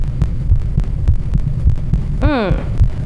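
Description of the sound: Steady, soft low thumps repeat at roughly 100 a minute with an even rhythm, and a brief gliding voice-like sound is heard in the background. These are normal heart sounds from an adult, an even and gentle heartbeat.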